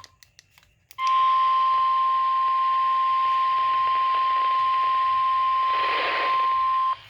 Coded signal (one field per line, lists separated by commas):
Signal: Emergency Alert System (SAME) tones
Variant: 1050 Hz attention tone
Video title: EAS #154 - Severe Thunderstorm Warning